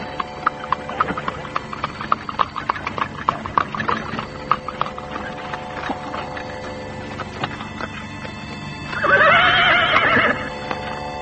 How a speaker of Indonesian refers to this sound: Sebuah kereta kerajaan yang indah berhenti di tepi padang. Dia tidak tahu dari mana munculnya kereta itu. Dia hanya mendengar suaranya saja, dan tiba-tiba kereta itu sudah berhenti menunggu.